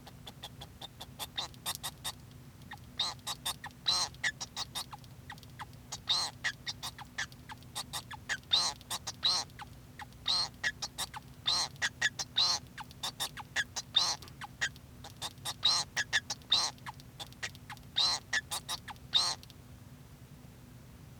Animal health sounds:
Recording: song of a male Bengalese finch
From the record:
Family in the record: son of father 2

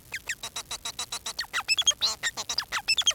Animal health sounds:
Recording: song of a male Bengalese finch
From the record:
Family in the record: son of father 4

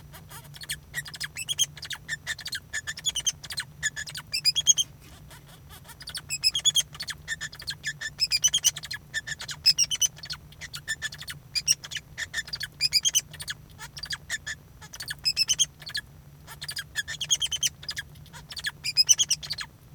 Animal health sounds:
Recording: song of a male Bengalese finch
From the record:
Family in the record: son of father 2

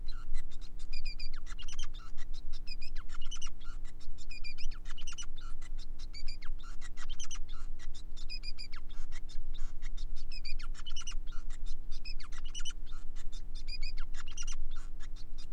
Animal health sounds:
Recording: song of a male Bengalese finch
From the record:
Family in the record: son of father 5

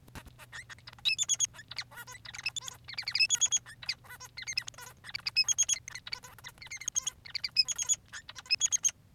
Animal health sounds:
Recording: song of a male Bengalese finch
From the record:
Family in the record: son of father 3

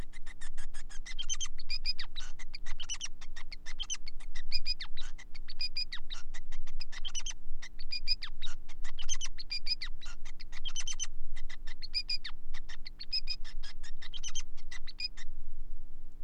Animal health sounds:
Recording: song of a male Bengalese finch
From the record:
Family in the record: son of father 5

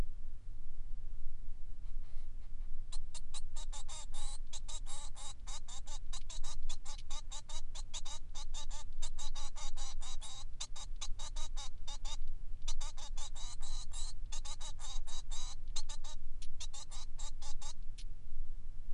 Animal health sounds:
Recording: song of a male Bengalese finch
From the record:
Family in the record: son of father 3

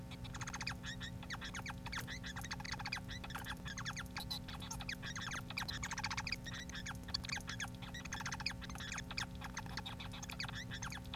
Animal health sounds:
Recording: song of a male Bengalese finch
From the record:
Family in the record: son of father 4

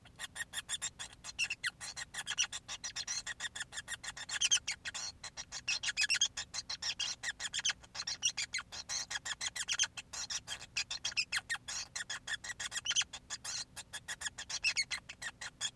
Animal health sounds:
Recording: song of a male Bengalese finch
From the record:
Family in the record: son of father 5

